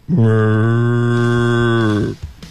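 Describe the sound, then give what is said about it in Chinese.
A person imitates a cow with one long, loud moo, a steady low hum held for about two seconds before it cuts off abruptly. No one talks over it. “哎，牛叫再来一遍。”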